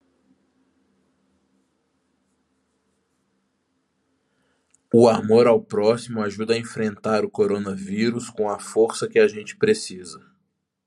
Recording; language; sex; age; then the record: spoken sentence; Brazilian Portuguese; male; 30 to 39 years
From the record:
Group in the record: control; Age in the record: 36 years